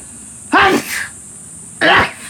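An adult man gives a loud, voiced sneeze, a sudden explosive burst that brings up bits of ramen, then a second short burst about a second later.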